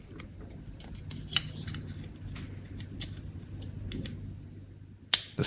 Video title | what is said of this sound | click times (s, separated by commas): Ultimate Model M Keyboard Cleaning - Step by Step Restoration | You'll hear a click when it goes in. | 5.1 s